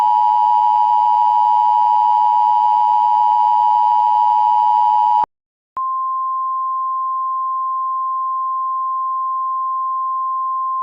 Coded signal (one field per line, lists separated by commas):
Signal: Emergency Alert System (SAME) tones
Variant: 853 and 960 Hz attention tone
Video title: EAS Tornado Warning | Cook & DuPage Counties, IL | NWS Chicago (7:55 PM CDT)